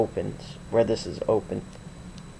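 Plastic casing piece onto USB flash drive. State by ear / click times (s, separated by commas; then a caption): not seated / none. A plastic casing piece is handled against a USB flash drive body while the drive is being modded, and someone talks over it. A brief faint tick comes at about 2.2 s, but nothing has seated or clicked yet; the piece is not yet home.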